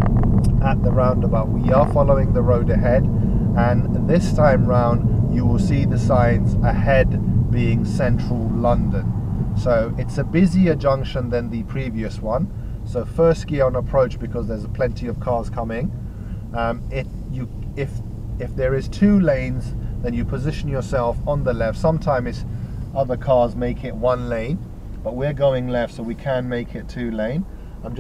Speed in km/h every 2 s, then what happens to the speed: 37, 34, 27, 18, 8, 8, 10, 8, 8, 11, 8, 5, 2, 0.
0-8 brakes to 8. 8-19 steady at about 8. 19-23 slows to 2. 23-28 standing.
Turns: none.